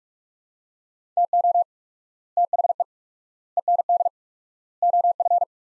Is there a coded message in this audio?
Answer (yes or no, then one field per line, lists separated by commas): yes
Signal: Morse code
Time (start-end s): 1.2-5.4 s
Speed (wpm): 44 wpm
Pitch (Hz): 700 Hz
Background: none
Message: TO THE END OF